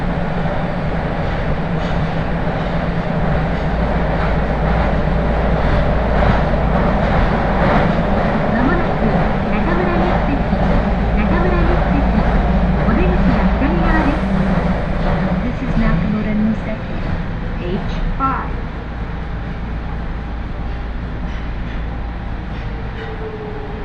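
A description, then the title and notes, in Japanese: A ride on the Aonami and Higashiyama railway lines, with a constant low rumble of the train running underneath. Voices murmur through much of the ride, and brief squeals and clatters come and go. Near the end the rumble eases slightly. 鉄道旅 あおなみ線・東山線 金城ふ頭→荒子・高畑→名古屋。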